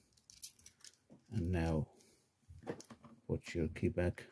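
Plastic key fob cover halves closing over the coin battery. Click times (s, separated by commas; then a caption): 0.3 s. The two plastic halves of a Mazda car key fob (Mazda 2 Demio, Mazda 6, Mazda 5, CX5, CX3) are lined up and pressed together over a new coin cell battery, and the casing snaps shut with a sharp click at 0.3 s, among small key-jangling rattles. Someone talks afterward, and the fob cover is seated closed.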